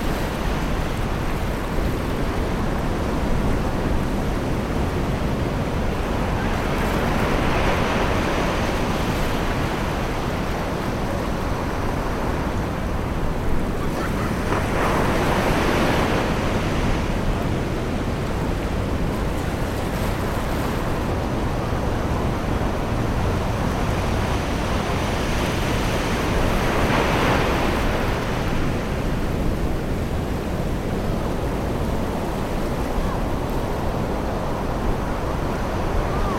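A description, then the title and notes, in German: Surf washes onto a secluded beach on a summer day, a steady low rush that never fully drops away. Brighter swells of breaking waves rise and fade around 8, 15, 20 and 27 seconds, with wind rumbling underneath throughout. Sommerliche Gelassenheit am Strand.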